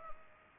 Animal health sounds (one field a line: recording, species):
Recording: mosquito wingbeat signal from an infrared sensor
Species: Culex pipiens